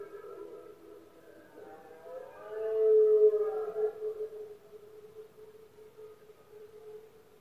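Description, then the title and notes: Red deer bellowing: a steady moaning tone runs throughout, then swells into a louder, wavering roar in the middle before easing back to a low drone. Powerful bellows of male red deer in the rutting season (berrea or brama), recorded at night in Spain; rut best heard at night when surroundings are quietest. "Paisaje sonoro: Berrea. La época de celo del ciervo se conoce comúnmente como “berrea del ciervo” o “brama del ciervo”. los poderosos bramidos de los ciervos machos"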